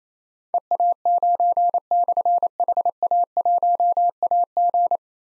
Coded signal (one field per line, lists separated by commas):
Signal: Morse code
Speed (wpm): 27 wpm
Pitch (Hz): 700 Hz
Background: none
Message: EA9/HA1AG